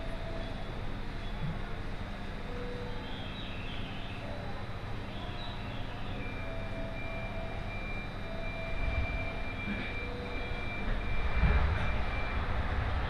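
A ride aboard a 701-series four-car train on the Tohoku Line from Sendai toward Kogota. A steady low rumble fills the clip, with faint tones and squeals drifting above it. Around nine and eleven seconds the rumble swells into louder thumps.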